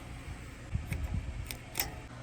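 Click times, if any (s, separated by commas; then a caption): 1.8 s. A metal retaining clip is pushed onto a brake caliper bridge bolt on a Wilwood front big brake kit for a RAM 1500. Faint low knocks and light metallic ticks at 0.9 s and 1.5 s lead up to a sharp metallic click at 1.8 s as the clip seats.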